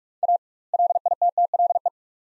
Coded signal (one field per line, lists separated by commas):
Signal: Morse code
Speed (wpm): 47 wpm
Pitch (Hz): 700 Hz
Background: none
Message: A LITTLE